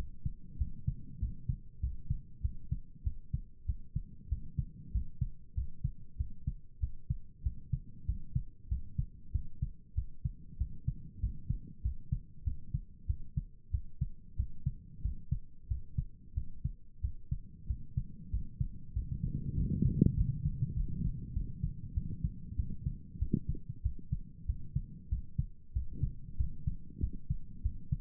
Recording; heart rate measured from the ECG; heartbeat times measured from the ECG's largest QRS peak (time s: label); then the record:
heart sounds by stethoscope; 95 bpm
0.57 s: heartbeat
1.19 s: heartbeat
1.80 s: heartbeat
2.41 s: heartbeat
3.03 s: heartbeat
3.65 s: heartbeat
4.28 s: heartbeat
4.91 s: heartbeat
5.54 s: heartbeat
6.16 s: heartbeat
6.79 s: heartbeat
7.42 s: heartbeat
8.05 s: heartbeat
8.68 s: heartbeat
9.31 s: heartbeat
9.94 s: heartbeat
10.57 s: heartbeat
11.19 s: heartbeat
11.81 s: heartbeat
12.43 s: heartbeat
13.06 s: heartbeat
13.70 s: heartbeat
14.36 s: heartbeat
15.01 s: heartbeat
15.67 s: heartbeat
16.34 s: heartbeat
17.00 s: heartbeat
17.66 s: heartbeat
18.30 s: heartbeat
18.92 s: heartbeat
19.54 s: heartbeat
20.14 s: heartbeat
20.74 s: heartbeat
21.33 s: heartbeat
21.93 s: heartbeat
22.55 s: heartbeat
23.18 s: heartbeat
23.82 s: heartbeat
24.45 s: heartbeat
25.08 s: heartbeat
25.72 s: heartbeat
26.36 s: heartbeat
26.99 s: heartbeat
27.62 s: heartbeat
From the record:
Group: healthy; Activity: rest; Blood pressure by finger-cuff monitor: 91/63 mmHg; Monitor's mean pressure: 72 mmHg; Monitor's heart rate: 95 bpm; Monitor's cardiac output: 7.6 L/min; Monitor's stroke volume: 79 mL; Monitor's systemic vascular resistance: 670 dyn s/cm5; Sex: male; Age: 19 years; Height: 178 cm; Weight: 83 kg